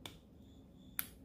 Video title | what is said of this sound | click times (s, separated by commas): firestorm utv heater install on polaris ranger 900xp | make sure you hear the click that way you know it's locked in | 1.0 s